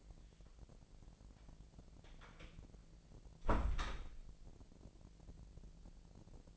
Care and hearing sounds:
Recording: daily activity, microphone in the room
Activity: close door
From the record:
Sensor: 5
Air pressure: 1001.5 hPa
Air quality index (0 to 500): 248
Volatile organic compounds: 34 ppm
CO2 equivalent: 3038 ppm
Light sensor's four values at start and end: 35/82/32/31 and 35/83/33/31

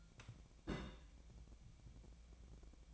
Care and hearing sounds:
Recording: daily activity, microphone in the room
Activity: place on stove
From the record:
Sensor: 1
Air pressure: 1000.0 hPa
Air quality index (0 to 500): 133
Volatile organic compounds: 2 ppm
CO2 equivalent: 1260 ppm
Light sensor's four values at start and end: 36/92/38/47 and 36/92/38/47

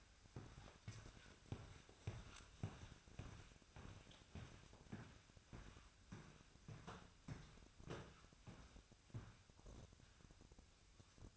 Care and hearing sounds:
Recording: daily activity, microphone in the room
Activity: walk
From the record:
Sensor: 2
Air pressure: 1001.5 hPa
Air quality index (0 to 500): 228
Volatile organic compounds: 26 ppm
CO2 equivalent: 2866 ppm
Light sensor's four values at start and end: 9/29/11/11 and 9/29/11/11

